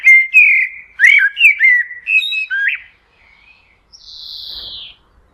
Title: Merle - black bird